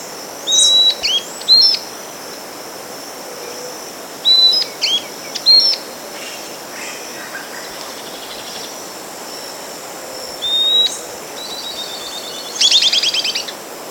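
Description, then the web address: Bird calls: short high chirps and sharp whistled notes in scattered bursts, a rapid trilled rattle near the end, over a steady high insect-like hiss. "BIRD 2015 small 50 CLASSES SABIOD"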